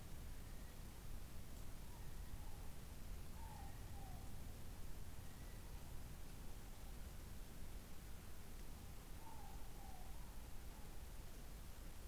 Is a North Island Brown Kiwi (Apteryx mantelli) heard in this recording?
yes